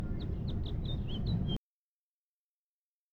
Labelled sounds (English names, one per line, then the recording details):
House Finch song
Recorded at Oceanside on Long Island, New York, on 17 June 1975
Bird A